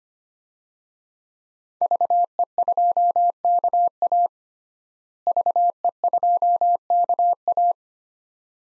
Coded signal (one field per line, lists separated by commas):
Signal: Morse code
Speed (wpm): 25 wpm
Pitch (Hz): 700 Hz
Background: none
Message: VE2KA VE2KA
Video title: DXCC-100 Call Signs - 5 Character Repeated 2x - 25wpm